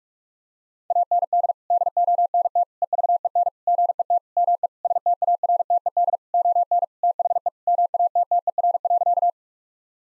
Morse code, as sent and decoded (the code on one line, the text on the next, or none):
.- -. -.. / -.. --- -. - / . ...- . -. / --. . - / -- . / ... - .- .-. - . -.. / --- -. / - .... . / -- .- - - . .-. .-.-.-
AND DONT EVEN GET ME STARTED ON THE MATTER.